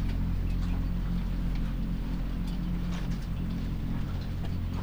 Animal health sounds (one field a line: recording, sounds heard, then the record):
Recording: poultry house recording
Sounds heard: sick chickens (respiratory disease)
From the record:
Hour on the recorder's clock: 22